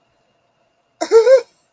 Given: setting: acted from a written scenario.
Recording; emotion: vocal sound without words; elation